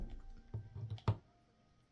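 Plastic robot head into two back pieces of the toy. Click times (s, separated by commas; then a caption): 1.1 s. The plastic robot head of an SS86 The Movie Skywarp toy is folded in and pressed between two plastic pieces on its back, with soft handling clicks and rattles beforehand. It snaps sharply into place at 1.1 s, and the head is seated, followed by quiet.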